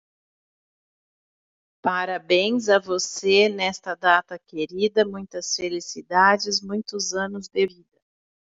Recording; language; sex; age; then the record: short text; Brazilian Portuguese; female; 40 to 49 years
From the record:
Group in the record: control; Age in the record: 41 years